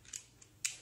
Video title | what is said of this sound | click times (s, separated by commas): Rail Box | Ça ça va venu juste venir se clier dedans et après vous pouvez mettre n'importe quel type | 0.7 s